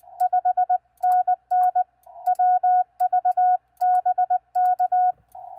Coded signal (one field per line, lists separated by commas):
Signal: Morse code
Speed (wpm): 20 wpm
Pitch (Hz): 730 Hz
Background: none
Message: 5NN WV BK